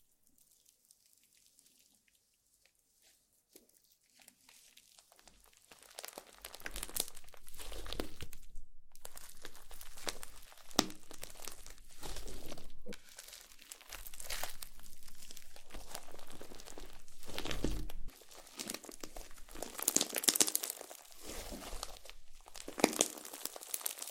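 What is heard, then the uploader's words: Slime being squished and handled, starting almost silent for the first five seconds before wet crinkling and crackling sounds build up. Bursts of bright squelching and popping come in irregular waves, with short pauses around 9, 14 and 18 seconds. ASMR SLIME SATISFYING - NO TALKING.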